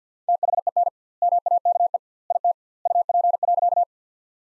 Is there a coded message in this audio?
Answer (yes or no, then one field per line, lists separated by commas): yes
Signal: Morse code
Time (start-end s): 0.3-3.8 s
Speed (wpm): 47 wpm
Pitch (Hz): 700 Hz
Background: none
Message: THEN MAKE IT UP.